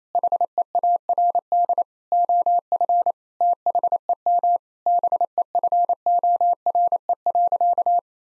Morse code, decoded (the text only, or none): HEARD OF THEM BEFORE.